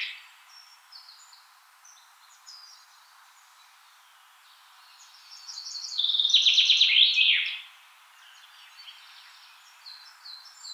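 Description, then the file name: Common chaffinch song: one rattling cascade of notes that drops into a final flourish, preceded and followed by scattered thin calls from other birds. "Fringilla coelebs"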